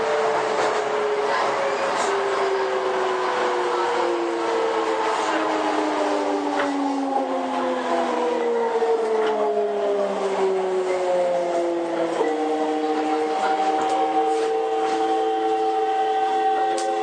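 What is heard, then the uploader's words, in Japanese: Toei 5300 series train between Oshiage and Gotanda: steady rumble with whining motor tones that slide downward as it slows, faint voices beneath. 都営5300形 押上ー五反田。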